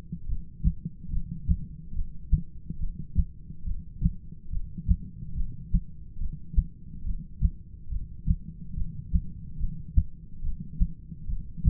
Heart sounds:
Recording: heart sounds by stethoscope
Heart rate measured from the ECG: 71 bpm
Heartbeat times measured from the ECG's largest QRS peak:
0.28 s: heartbeat
1.12 s: heartbeat
1.96 s: heartbeat
2.80 s: heartbeat
3.66 s: heartbeat
4.52 s: heartbeat
5.37 s: heartbeat
6.20 s: heartbeat
7.06 s: heartbeat
7.91 s: heartbeat
8.76 s: heartbeat
9.60 s: heartbeat
10.43 s: heartbeat
11.29 s: heartbeat
From the record:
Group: heart failure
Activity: rest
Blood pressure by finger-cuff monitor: 124/87 mmHg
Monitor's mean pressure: 102 mmHg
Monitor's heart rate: 71 bpm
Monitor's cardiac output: 7.1 L/min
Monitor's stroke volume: 101 mL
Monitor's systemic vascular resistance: 1060 dyn s/cm5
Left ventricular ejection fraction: 25%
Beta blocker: metoprolol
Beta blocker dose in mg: 62.5 twice daily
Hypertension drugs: ramipril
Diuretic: furosemide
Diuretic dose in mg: 40 twice daily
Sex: male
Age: 57 years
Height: 180 cm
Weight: 90.5 kg

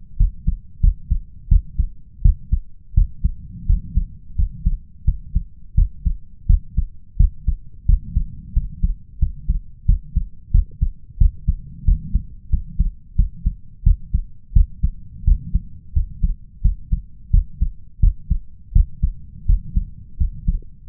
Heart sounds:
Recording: heart sounds by stethoscope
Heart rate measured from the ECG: 87 bpm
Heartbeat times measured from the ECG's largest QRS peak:
0.16 s: heartbeat
0.80 s: heartbeat
1.48 s: heartbeat
2.21 s: heartbeat
2.93 s: heartbeat
3.65 s: heartbeat
4.35 s: heartbeat
5.04 s: heartbeat
5.74 s: heartbeat
6.46 s: heartbeat
7.16 s: heartbeat
7.85 s: heartbeat
8.52 s: heartbeat
9.18 s: heartbeat
9.85 s: heartbeat
10.51 s: heartbeat
11.17 s: heartbeat
11.84 s: heartbeat
12.49 s: heartbeat
13.15 s: heartbeat
13.83 s: heartbeat
14.52 s: heartbeat
15.24 s: heartbeat
15.92 s: heartbeat
16.61 s: heartbeat
17.30 s: heartbeat
17.99 s: heartbeat
18.72 s: heartbeat
19.45 s: heartbeat
20.17 s: heartbeat
20.86 s: heartbeat
From the record:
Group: healthy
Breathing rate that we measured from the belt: 15 breaths a minute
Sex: male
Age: 21 years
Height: 180 cm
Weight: 67.5 kg

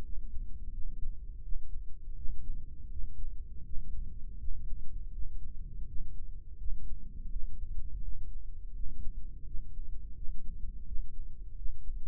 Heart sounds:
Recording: heart sounds by microphone in the right ear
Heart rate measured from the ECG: 83 bpm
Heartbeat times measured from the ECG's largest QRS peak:
0.04 s: heartbeat
0.72 s: heartbeat
1.42 s: heartbeat
2.16 s: heartbeat
2.90 s: heartbeat
3.64 s: heartbeat
4.38 s: heartbeat
5.12 s: heartbeat
5.87 s: heartbeat
6.59 s: heartbeat
7.30 s: heartbeat
8.02 s: heartbeat
8.74 s: heartbeat
9.46 s: heartbeat
10.15 s: heartbeat
10.86 s: heartbeat
11.56 s: heartbeat
From the record:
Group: healthy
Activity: rest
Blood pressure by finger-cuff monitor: 158/86 mmHg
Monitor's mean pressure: 102 mmHg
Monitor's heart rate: 83 bpm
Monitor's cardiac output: 8.2 L/min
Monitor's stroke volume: 98 mL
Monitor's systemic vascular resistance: 920 dyn s/cm5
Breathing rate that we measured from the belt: 18 breaths a minute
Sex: male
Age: 57 years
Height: 188 cm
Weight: 106 kg

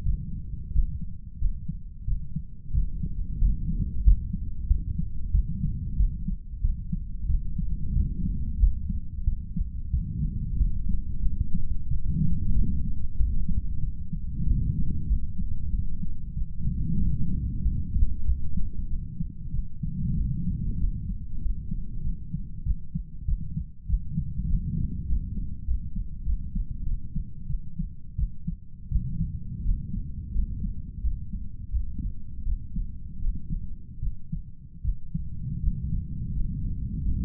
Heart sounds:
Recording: heart sounds by stethoscope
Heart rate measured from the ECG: 91 bpm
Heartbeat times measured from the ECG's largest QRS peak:
0.04 s: heartbeat
0.73 s: heartbeat
1.40 s: heartbeat
2.06 s: heartbeat
2.73 s: heartbeat
3.40 s: heartbeat
4.04 s: heartbeat
4.68 s: heartbeat
5.32 s: heartbeat
5.98 s: heartbeat
6.62 s: heartbeat
7.27 s: heartbeat
7.94 s: heartbeat
8.60 s: heartbeat
9.25 s: heartbeat
9.92 s: heartbeat
10.58 s: heartbeat
11.23 s: heartbeat
11.89 s: heartbeat
12.54 s: heartbeat
13.18 s: heartbeat
13.81 s: heartbeat
14.45 s: heartbeat
15.08 s: heartbeat
15.71 s: heartbeat
16.35 s: heartbeat
16.99 s: heartbeat
17.63 s: heartbeat
18.26 s: heartbeat
18.89 s: heartbeat
19.52 s: heartbeat
20.16 s: heartbeat
20.79 s: heartbeat
21.41 s: heartbeat
22.03 s: heartbeat
22.65 s: heartbeat
23.26 s: heartbeat
23.87 s: heartbeat
24.48 s: heartbeat
25.07 s: heartbeat
25.66 s: heartbeat
26.24 s: heartbeat
26.85 s: heartbeat
27.48 s: heartbeat
28.17 s: heartbeat
28.90 s: heartbeat
29.64 s: heartbeat
30.33 s: heartbeat
31.02 s: heartbeat
31.71 s: heartbeat
32.44 s: heartbeat
33.20 s: heartbeat
34.01 s: heartbeat
34.83 s: heartbeat
35.61 s: heartbeat
36.34 s: heartbeat
37.03 s: heartbeat
From the record:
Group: healthy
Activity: rest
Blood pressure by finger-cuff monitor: 121/57 mmHg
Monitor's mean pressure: 75 mmHg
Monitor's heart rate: 94 bpm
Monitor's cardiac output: 10.6 L/min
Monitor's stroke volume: 112 mL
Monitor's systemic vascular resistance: 500 dyn s/cm5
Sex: male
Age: 35 years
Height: 180 cm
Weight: 86.9 kg

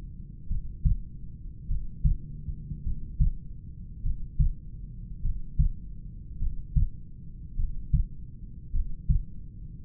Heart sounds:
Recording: heart sounds by stethoscope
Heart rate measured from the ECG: 51 bpm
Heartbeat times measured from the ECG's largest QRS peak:
0.52 s: heartbeat
1.72 s: heartbeat
2.87 s: heartbeat
4.07 s: heartbeat
5.26 s: heartbeat
6.43 s: heartbeat
7.60 s: heartbeat
8.76 s: heartbeat
From the record:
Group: heart failure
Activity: breath hold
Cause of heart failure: familial cardiomyopathy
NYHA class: 1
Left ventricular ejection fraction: 49%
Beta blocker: bisoprolol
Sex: male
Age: 31 years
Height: 194 cm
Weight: 96 kg

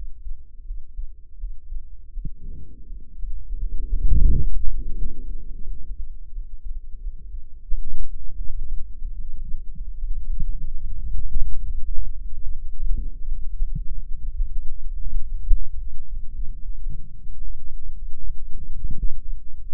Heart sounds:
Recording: heart sounds by microphone in the right ear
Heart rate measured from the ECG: 82 bpm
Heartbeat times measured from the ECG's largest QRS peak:
0.62 s: heartbeat
1.35 s: heartbeat
2.09 s: heartbeat
2.83 s: heartbeat
3.57 s: heartbeat
4.25 s: heartbeat
4.94 s: heartbeat
5.63 s: heartbeat
6.30 s: heartbeat
6.98 s: heartbeat
7.65 s: heartbeat
8.33 s: heartbeat
9.02 s: heartbeat
9.72 s: heartbeat
10.43 s: heartbeat
11.14 s: heartbeat
11.90 s: heartbeat
12.69 s: heartbeat
13.43 s: heartbeat
14.18 s: heartbeat
14.96 s: heartbeat
15.78 s: heartbeat
16.60 s: heartbeat
17.39 s: heartbeat
18.18 s: heartbeat
18.95 s: heartbeat
19.66 s: heartbeat
From the record:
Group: healthy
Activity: rest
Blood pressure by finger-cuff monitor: 117/80 mmHg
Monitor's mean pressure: 94 mmHg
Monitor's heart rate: 82 bpm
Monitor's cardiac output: 6.9 L/min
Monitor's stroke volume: 81 mL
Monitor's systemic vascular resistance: 1030 dyn s/cm5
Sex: female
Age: 22 years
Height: 160 cm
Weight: 45 kg

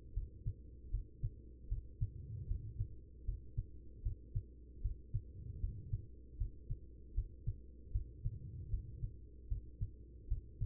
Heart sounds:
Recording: heart sounds by stethoscope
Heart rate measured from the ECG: 77 bpm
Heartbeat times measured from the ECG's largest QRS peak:
0.13 s: heartbeat
0.90 s: heartbeat
1.68 s: heartbeat
2.47 s: heartbeat
3.25 s: heartbeat
4.02 s: heartbeat
4.81 s: heartbeat
5.60 s: heartbeat
6.37 s: heartbeat
7.14 s: heartbeat
7.91 s: heartbeat
8.70 s: heartbeat
9.48 s: heartbeat
10.28 s: heartbeat
From the record:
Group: healthy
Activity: rest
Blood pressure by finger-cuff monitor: 115/75 mmHg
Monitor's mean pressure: 89 mmHg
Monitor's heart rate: 77 bpm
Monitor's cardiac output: 5.5 L/min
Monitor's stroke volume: 71 mL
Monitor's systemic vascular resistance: 1180 dyn s/cm5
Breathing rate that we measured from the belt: 19 breaths a minute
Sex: female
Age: 43 years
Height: 160 cm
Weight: 90 kg

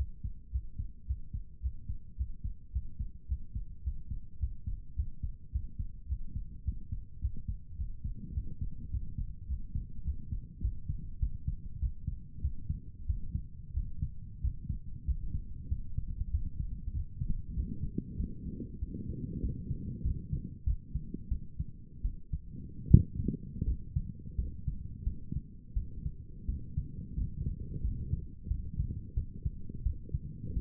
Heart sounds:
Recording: heart sounds by stethoscope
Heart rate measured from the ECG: 96 bpm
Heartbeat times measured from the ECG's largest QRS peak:
0.50 s: heartbeat
1.06 s: heartbeat
1.61 s: heartbeat
2.16 s: heartbeat
2.71 s: heartbeat
3.27 s: heartbeat
3.83 s: heartbeat
4.39 s: heartbeat
4.95 s: heartbeat
5.51 s: heartbeat
6.07 s: heartbeat
6.64 s: heartbeat
7.20 s: heartbeat
7.76 s: heartbeat
8.33 s: heartbeat
8.90 s: heartbeat
9.47 s: heartbeat
10.03 s: heartbeat
10.60 s: heartbeat
11.19 s: heartbeat
11.79 s: heartbeat
12.41 s: heartbeat
13.06 s: heartbeat
13.73 s: heartbeat
14.40 s: heartbeat
15.05 s: heartbeat
15.68 s: heartbeat
16.30 s: heartbeat
16.92 s: heartbeat
17.54 s: heartbeat
18.16 s: heartbeat
18.79 s: heartbeat
19.40 s: heartbeat
20.02 s: heartbeat
20.64 s: heartbeat
21.28 s: heartbeat
22.02 s: heartbeat
22.88 s: heartbeat
23.65 s: heartbeat
24.36 s: heartbeat
25.04 s: heartbeat
25.74 s: heartbeat
26.46 s: heartbeat
27.15 s: heartbeat
27.82 s: heartbeat
28.48 s: heartbeat
29.14 s: heartbeat
29.83 s: heartbeat
30.54 s: heartbeat
From the record:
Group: healthy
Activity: Valsalva maneuver 0-18 s, rest 18-31 s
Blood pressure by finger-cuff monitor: 121/83 mmHg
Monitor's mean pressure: 93 mmHg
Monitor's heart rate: 95 bpm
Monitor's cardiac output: 7.2 L/min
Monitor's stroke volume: 76 mL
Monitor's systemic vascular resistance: 970 dyn s/cm5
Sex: male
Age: 19 years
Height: 178 cm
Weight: 83 kg

